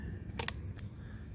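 During a rebuild of a 12A RX-7 Nikki carburetor, a small metal retaining clip is held so it won't fly off and pushed onto a carburetor linkage or shaft. A short tick at about 0.4 s leads into a sharp snap at 0.5 s as the clip seats, followed by another brief tick near 0.8 s against a low background hum.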